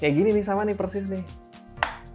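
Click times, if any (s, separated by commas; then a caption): 1.8 s. Someone talks while showing PS1 games, then the plastic lid of a game disc case (possibly the console lid) is closed and snaps shut with a sharp click at 1.8 s. After the click the sound fades to quiet background, and the lid is seated.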